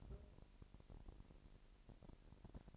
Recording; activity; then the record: daily activity, microphone in the room; take from stove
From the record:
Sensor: 5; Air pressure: 1002.1 hPa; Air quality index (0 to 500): 249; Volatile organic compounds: 9 ppm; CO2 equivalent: 2133 ppm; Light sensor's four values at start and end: 23/50/22/24 and 23/50/22/24